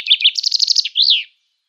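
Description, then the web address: Common chaffinch song ending: a quick run of repeated high notes followed by a rising-then-falling slurred flourish, then silence. "Schulze Peter Chaffinch song"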